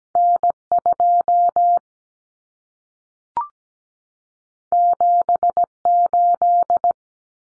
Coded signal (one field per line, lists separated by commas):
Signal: Morse code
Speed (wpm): 17 wpm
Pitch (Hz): 700 Hz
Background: none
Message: N2 78